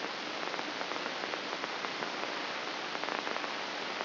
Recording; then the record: brain microelectrode recording played as sound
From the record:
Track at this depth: inside the subthalamic nucleus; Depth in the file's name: 4.663 mm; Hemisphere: left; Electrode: 3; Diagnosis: Parkinson's disease